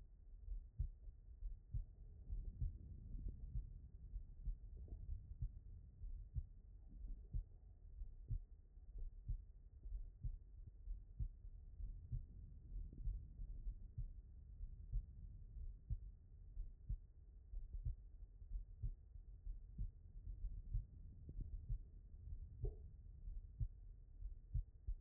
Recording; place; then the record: heart sounds by stethoscope; pulmonary valve (PV)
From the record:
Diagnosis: non-HFrEF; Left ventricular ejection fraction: 76%